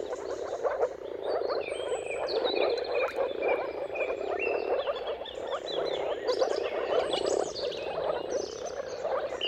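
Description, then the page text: Moor frogs calling together in a steady, soft bubbling chorus, while several birds sing whistled phrases over it. Chorus of moor frogs giving mating calls at sunrise, turn of March and April, timing depending on weather. "Dawn’s Chorus: Mating Calls of Marsh Frogs at Sunrise. Depending on the weather at the turn of March and April, you can witness an amazing spectacle of moor frogs. Jakub-Orzecki moor frogs"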